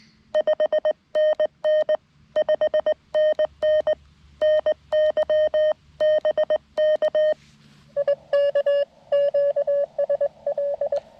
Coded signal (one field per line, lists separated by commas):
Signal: Morse code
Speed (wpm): 19 wpm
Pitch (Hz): 590 Hz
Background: none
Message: 5NN 5NN NY BK I K QSL